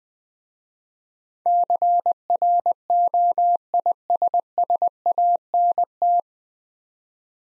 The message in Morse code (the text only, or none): CROISSANT